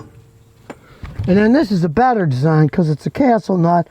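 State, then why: Seated. A new steel outer tie rod end, screwed onto the inner tie rod and backed off slightly to line up, has its tapered ball stud pushed into the hole in the steering knuckle. It seats with a single sharp snap at 0.7 s. Someone then talks.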